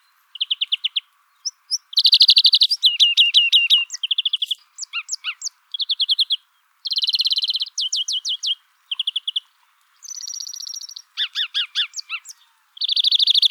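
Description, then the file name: European greenfinch song, rapid trilled twittering phrases mixed with buzzy wheezes and short chirps, delivered in bursts with brief pauses throughout. "Chloris chloris"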